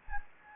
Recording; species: mosquito wingbeat signal from an infrared sensor; Anopheles gambiae